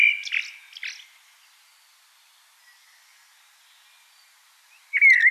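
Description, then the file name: Common blackbird giving brief squeaky song notes at the start, then a quiet gap, then a short fluted phrase near the end. "Turdus merula"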